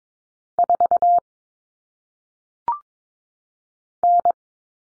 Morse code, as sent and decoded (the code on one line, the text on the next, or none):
....- / -.
4 N